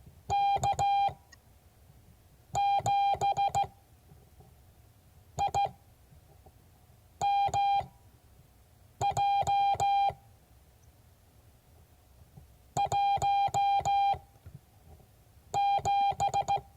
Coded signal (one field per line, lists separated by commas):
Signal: Morse code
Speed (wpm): 16 wpm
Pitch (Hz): 800 Hz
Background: none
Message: K7IMJ 17